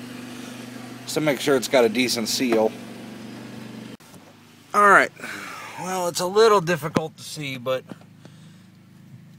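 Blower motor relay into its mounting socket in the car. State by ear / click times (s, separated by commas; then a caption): not seated / none. A rigged-up blower motor relay for a Cadillac Catera is handled at its plastic mounting socket in the car while someone talks over a low steady background hum. Nothing has seated or clicked yet; the relay is not yet home in its mount.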